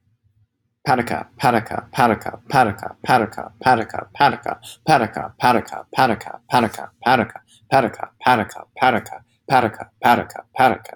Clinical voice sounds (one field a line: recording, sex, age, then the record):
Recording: repeated syllables /pa ta ka/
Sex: male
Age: 20 to 29 years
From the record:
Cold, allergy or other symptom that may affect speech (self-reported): no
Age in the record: 28 years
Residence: New Jersey, United States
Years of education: 14